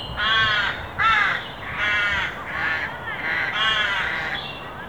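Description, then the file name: Carrion crow producing a rapid string of harsh, drawn-out caws that nearly run together. "Corvus corone"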